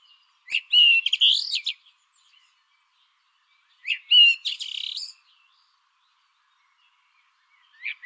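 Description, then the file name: Eurasian blackbird delivering loud fluted song phrases roughly every three seconds, each a rich warble running into a high squeaky twitter, with a third phrase beginning at the end. "Turdus merula"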